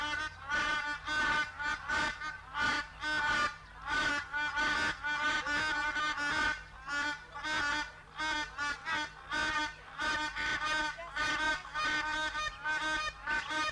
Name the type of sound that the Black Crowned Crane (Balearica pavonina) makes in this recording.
call